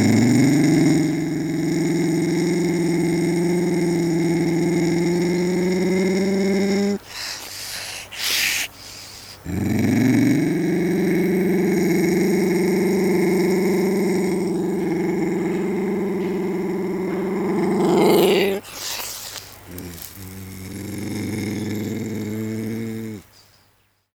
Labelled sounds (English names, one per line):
Ocelot